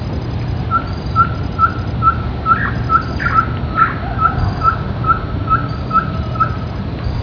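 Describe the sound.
Ferruginous pygmy owl giving a long, steady series of short whistled toots, roughly two each second, over loud, low rumbling background noise.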